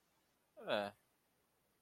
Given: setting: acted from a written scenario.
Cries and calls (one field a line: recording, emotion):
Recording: vocal sound without words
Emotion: neutral